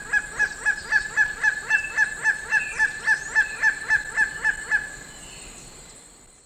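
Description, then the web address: Gray-headed kite calling in a fast, even series of harsh yelping notes, about four per second, stopping abruptly near five seconds. Ecuador. "Natures Songs S America Birds of Ecuador. Gray-headed Kite"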